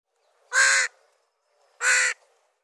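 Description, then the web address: Bird calling two loud, harsh, raspy caws about a second and a quarter apart, each roughly a third of a second long, in otherwise quiet surroundings. "cianscape birddata Deverinetal 2025"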